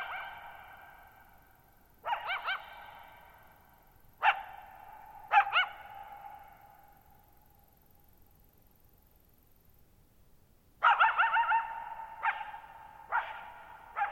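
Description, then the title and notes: Coyote barking and yipping in short bursts, several calls in the first half, a pause, then a run of wavering yips and barks, each trailing long reverberation. Lone coyote calling for nearly 50 minutes at night, July 14, 2019, Thirtymile Meadows, Okanogan National Forest, Okanogan High Country, Pacific Northwest, 6400 ft (1950 m); shallow bowl-shaped meadow on high, dry plateau. "Lone Coyote at Thirtymile Meadows. night of July 14, 2019, camped near Thirtymile Meadows in the Okanogan National Forest at 6400 ft (1950 m)"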